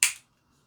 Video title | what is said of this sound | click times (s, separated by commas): Brio Beardscape Pro Review. [345] | make sure you get a click | 0.0 s